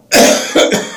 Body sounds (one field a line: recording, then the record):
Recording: coughing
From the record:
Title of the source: Spring Cold Coughing 3